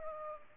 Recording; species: mosquito wingbeat signal from an infrared sensor; Culex pipiens